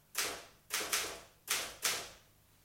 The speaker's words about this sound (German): Sagen Sie, ist das hier Mr. Landgrens Schreibmaschine? Ja, eine Remington. Was machen Sie denn da?